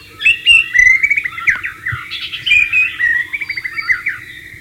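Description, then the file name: White-rumped shama delivering a continuous fast warble of chattering, slurred and trilled notes, varied and loud. Wild bird, recorded in the wild. "suara burung murai batu di alam liar"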